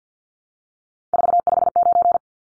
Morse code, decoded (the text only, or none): 459